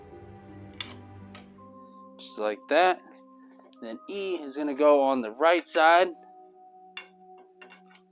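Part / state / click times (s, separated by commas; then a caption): plastic upper leg pole into skeleton prop hip/leg socket / seated / 7.0 s. A plastic upper leg pole (part E) of a large animatronic skeleton prop is pushed onto the right-side hip/leg socket while someone talks over background music. It snaps into place with a sharp click at 7.0 s, the same as the left side, followed by a couple of fainter ticks.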